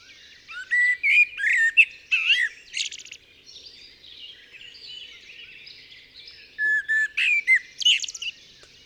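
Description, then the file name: Eurasian blackbird song: two phrases of full, fluting whistles that slide down and up, each ending in high squeaky twittering, with quieter warbling between. "Turdus merula"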